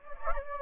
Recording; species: mosquito wingbeat signal from an infrared sensor; Anopheles gambiae